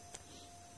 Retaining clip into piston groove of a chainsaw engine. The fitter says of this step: you can see that one's not well seated in there so let's hear it clicked now